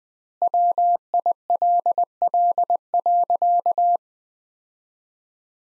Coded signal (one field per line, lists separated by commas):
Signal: Morse code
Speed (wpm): 20 wpm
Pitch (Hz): 700 Hz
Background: none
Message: WILL.